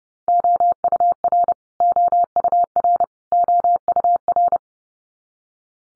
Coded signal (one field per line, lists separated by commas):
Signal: Morse code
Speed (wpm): 30 wpm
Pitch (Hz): 700 Hz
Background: none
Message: OUR OUR OUR